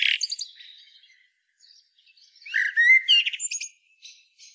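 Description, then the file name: Common blackbird song: a phrase ends in high squeaky notes, then after a short gap a low fluty whistled warble rises into a thin twittering finish. "Turdus merula"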